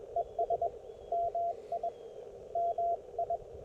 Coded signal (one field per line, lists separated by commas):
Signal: Morse code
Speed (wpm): 21 wpm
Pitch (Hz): 690 Hz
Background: radio noise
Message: ES MI MI